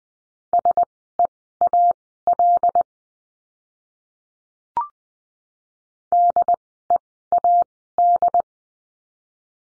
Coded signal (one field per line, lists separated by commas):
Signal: Morse code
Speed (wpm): 20 wpm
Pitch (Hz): 700 Hz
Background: none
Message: SEAL DEAD